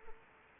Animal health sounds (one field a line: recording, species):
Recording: mosquito wingbeat signal from an infrared sensor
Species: Anopheles arabiensis